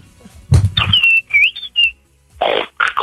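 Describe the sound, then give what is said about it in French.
A voice mimics animals: a low, rough pig-like grunt, then a run of high, thin whistled peeps like a chick, ending with two breathy, hissing squeals. “Tu sais quoi, tu me fais un coup de poussin qui rencontre un cochon, quoi.”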